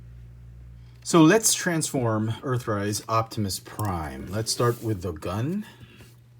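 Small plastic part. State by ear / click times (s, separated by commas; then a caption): not seated / none. Someone talks as they begin transforming an Earthrise Optimus Prime action figure, starting with its plastic gun accessory, a piece that folds into a locked position. The gun part is being handled, but nothing has seated or clicked yet.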